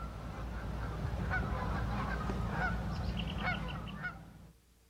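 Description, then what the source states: Goose honks: scattered nasal honks over a steady low rumble, cutting off abruptly near the end. Geese filling the sky over a Wisconsin prairie.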